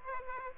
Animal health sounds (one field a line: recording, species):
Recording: mosquito wingbeat signal from an infrared sensor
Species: Aedes aegypti